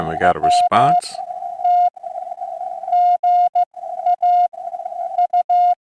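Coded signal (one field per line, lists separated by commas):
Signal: Morse code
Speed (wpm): 15 wpm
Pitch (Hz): 710 Hz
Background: speech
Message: W T G A U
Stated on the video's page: POTA hunting, working park activator stations on a Saturday morning.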